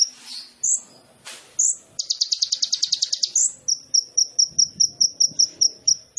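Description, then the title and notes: Sunbird giving scattered high whistles, a fast trill near the middle, then a steady run of short sharp notes. Indonesian masteran training recording for songbirds; sunbird song described as gacor (singing vigorously), with full isian (filler phrases) and tembakan (bursts), intended as pancingan to stimulate other birds. "MASTERAN KOLIBRI NINJA TERBAIK FULL ISIAN DAN TEMBAKAN MEWAH COCOK BUAT PANCINGAN. Suara Burung Kolibri Ninja Gacor"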